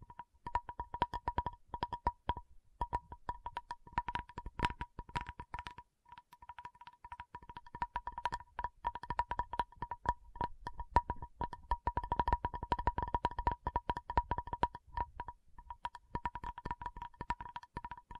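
A tapping session without talking: fast, dense taps and clicks run almost nonstop, with a steady ringing hum underneath. The tapping barely pauses, briefly near the three- and six-second marks, then continues busily and fairly evenly to the end.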